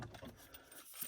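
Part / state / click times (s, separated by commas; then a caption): phone mount clip into car holder / not seated / none. The plastic clip of a Volport magnetic car phone mount is handled against its fitting in the car holder, with light rattling taps around 0.0, 0.2 and 0.6 s. Nothing has seated or locked into place yet.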